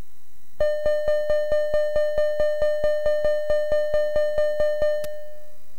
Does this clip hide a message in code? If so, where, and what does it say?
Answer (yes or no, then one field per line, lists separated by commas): no